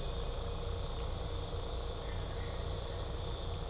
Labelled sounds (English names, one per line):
none